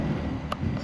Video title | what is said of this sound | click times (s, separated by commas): Tesla Series Part 3… Windshield Electronics Transfer | Snap that back in place. | 0.5 s